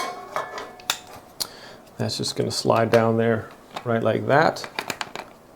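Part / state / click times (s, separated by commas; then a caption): battery pack into laser level battery compartment / not seated / none. A rechargeable battery pack is handled at the open battery compartment at the bottom of a laser level, with sharp clicks and knocks of plastic handling around 0.4, 0.9 and 1.4 seconds and a quick cluster near 4.9 to 5.2 seconds. Someone talks in the middle of the clip. The battery has not seated or clicked into place yet.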